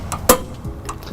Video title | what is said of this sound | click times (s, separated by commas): 2014 Chevrolet Traverse - U-Haul Trailer Hitch Installation | soon as you hear that click you know we're at the correct torque | 0.3 s